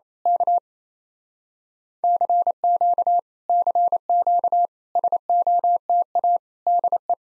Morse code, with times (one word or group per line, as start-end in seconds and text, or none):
0.3-0.6 K
2.0-3.2 CQ
3.5-4.7 CQ
5.0-6.4 SOTA
6.7-7.1 DE